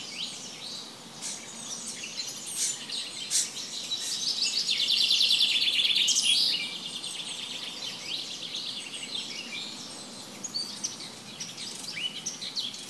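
Bird song: sharp clicks and chirps, then a dense high trill for about two seconds, followed by scattered quieter twittering.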